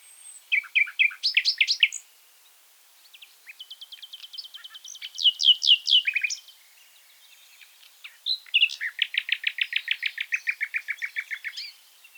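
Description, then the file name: Common nightingale song with clusters of sharp chirps, then two long rapid series of repeated notes, the last descending slightly and fading out. "Luscinia megarhynchos"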